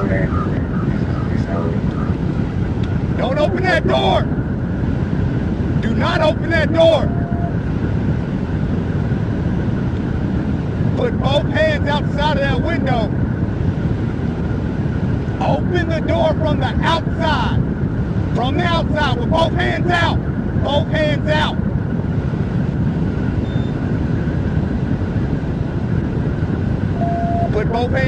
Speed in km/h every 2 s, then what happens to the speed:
0, 0, 0, 0, 0, 0, 0, 0, 0, 0, 0, 0, 0, 0.
0-28 standing.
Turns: none.